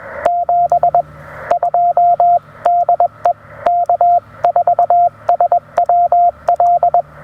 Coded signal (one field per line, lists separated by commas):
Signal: Morse code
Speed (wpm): 19 wpm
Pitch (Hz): 700 Hz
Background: radio noise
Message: 72 DE K4SWL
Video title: First Activation with the Radioddity HF-009 Portable Vertical Antenna: How Well Does It Work?